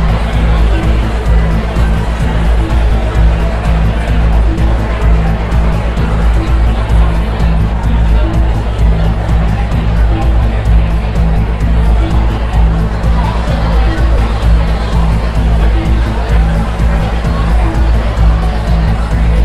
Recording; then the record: background sound without coughing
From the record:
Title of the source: Party Noise 1 Hour Party Ambience